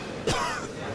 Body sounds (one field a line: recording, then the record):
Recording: coughing mixed with background sound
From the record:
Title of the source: Coughing 51